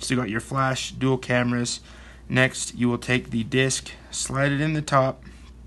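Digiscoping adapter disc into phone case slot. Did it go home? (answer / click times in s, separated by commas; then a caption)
no / none. Someone talks while handling a plastic Phone Skope digiscoping adapter disc for a Samsung Galaxy S9+ phone case, about to slide it into the top slot of the case, where a tab will lock it. The clip ends before the disc goes home; nothing has seated or clicked yet.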